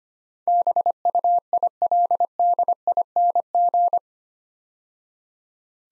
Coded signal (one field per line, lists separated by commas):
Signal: Morse code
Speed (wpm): 25 wpm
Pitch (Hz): 700 Hz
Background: none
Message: BUILDING